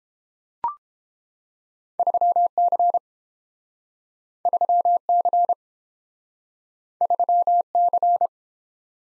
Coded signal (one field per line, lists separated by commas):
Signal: Morse code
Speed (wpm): 29 wpm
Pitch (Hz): 700 Hz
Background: none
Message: 3C 3C 3C